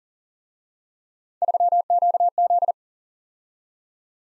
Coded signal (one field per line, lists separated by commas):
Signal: Morse code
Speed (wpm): 46 wpm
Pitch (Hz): 700 Hz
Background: none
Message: 3QZ